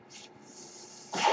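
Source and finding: Home mechanical ventilator. Mechanical ventilator breath sound.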